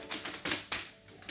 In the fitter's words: santainya klik ya Nah